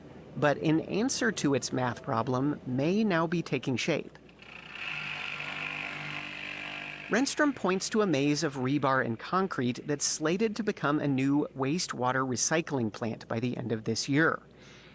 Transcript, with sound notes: But an answer to its math problem may now be taking shape.
(SOUNDBITE OF POWER TOOL WORKING)
Renstrom points to a maze of rebar and concrete that's slated to become a new wastewater recycling plant by the end of this year.